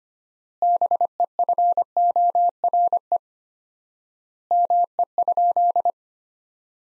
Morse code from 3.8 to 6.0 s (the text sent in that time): ME?